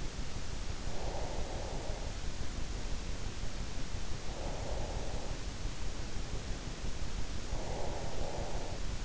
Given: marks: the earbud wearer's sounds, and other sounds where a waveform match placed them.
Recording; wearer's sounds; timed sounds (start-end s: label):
sounds in sleep by an in-ear microphone; breath
0.68-2.49 s: breath
3.98-5.79 s: breath
7.41-9.05 s: breath